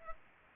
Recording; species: mosquito wingbeat signal from an infrared sensor; Culex pipiens